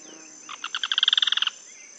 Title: LuckyPassaro Completos2Sama. Yellow-chinned Spinetail (Certhiaxis cinnamomeus russeolus (ssp assumed from location))